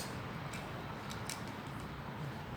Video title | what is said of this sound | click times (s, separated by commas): How to put Baby in Rearward Facing Child Car Seat | it up you hear click on the second one and | 1.3 s